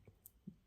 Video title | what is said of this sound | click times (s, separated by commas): Fractalon 3-Magic Mendeleïev Table | tac ça vous avez entendu clac et elle est mobile | 0.3 s